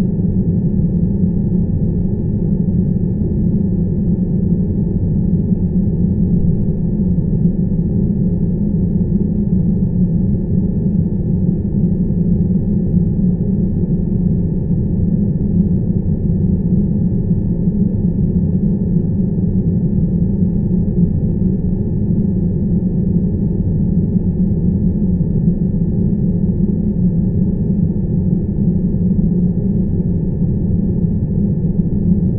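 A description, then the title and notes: Airplane cabin noise runs without a break, a deep, dense roar concentrated in the low range with almost nothing bright above it. The level stays flat and constant from start to finish, with no distinct events, voices or announcements standing out. 10 hours of uninterrupted airplane cabin noise for deep sleep. The drone of the airplane engine creates a uniform and steady background noise.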